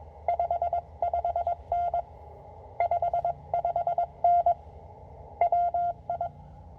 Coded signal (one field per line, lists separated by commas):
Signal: Morse code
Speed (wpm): 22 wpm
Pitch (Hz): 700 Hz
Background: none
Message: 55N 55N WI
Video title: CW POTA with the Penntek TR-45L